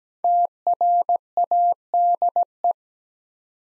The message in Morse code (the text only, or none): TRADE